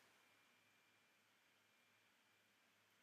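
While an iPhone 5 front screen assembly is being refitted, its display flex cable connector is handled over the phone's logic board socket. Only a steady, faint broadband hiss with a thin high tone is heard, with no distinct click or snap. Nothing has seated or clicked yet.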